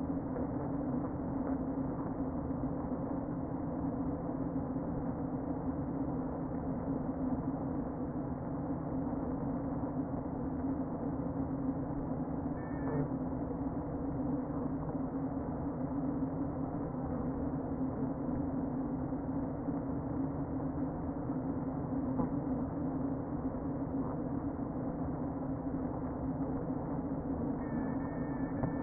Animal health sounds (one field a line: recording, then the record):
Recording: honeybee colony, microphone inside the hive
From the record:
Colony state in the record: queen present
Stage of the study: before two queens were removed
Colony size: about 60,000 bees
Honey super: yes